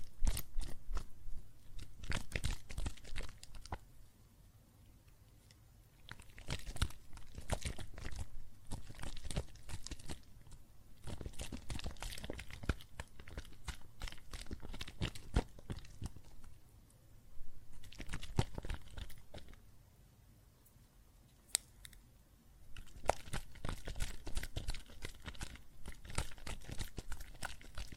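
Soapy water and foam crackle and fizz in dense bursts of tiny pops and crinkles, bright and sharp across the range. The activity comes in clusters separated by quieter lulls around 5, 17 and 21 seconds, with a soft low rumble underneath.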